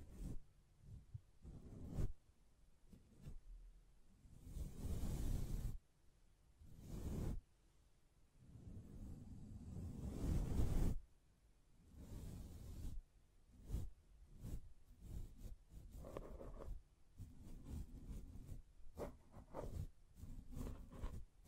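Hands tap, scratch and brush across a microphone in uneven bursts. Heavy, rumbling rubs swell around five and ten seconds, with a bright swishing scrape near 5.5 seconds, while shorter taps and scratchy strokes come irregularly throughout, separated by brief quiet gaps.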